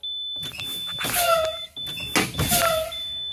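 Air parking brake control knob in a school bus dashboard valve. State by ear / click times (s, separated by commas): released / 2.2 s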